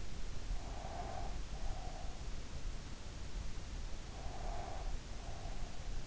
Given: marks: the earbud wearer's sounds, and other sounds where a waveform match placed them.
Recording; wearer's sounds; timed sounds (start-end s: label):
sounds in sleep by an in-ear microphone; breath
0.54-2.28 s: breath
4.16-5.93 s: breath